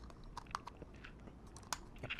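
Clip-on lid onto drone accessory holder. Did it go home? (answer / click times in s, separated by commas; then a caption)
yes / 1.7 s. A plastic lid with clips is fitted onto a drone accessory holder and pressed down, with soft handling rustles and small taps. The clips catch with a sharp snap at 1.7 s, and the lid is seated shut.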